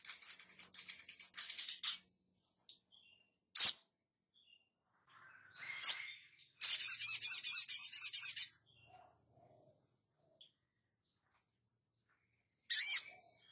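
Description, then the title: Spiderhunter: thin high twitter, single sharp chirps, then a fast, evenly pulsed rattle of repeated notes lasting about two seconds. Labaik song variant. "Sogok Ontong Labaik"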